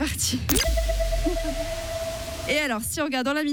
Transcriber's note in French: Effet sonore de suspense